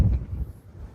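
The backrest of an aft multi-position lounger in the seat frame of a Regal LX9 boat is handled as it is flipped from forward-facing toward the rear-facing position. A brief broadband burst at the very start gives way to a low, rumbling, wind-like noise that gradually fades. The latch has not clicked and nothing has seated yet.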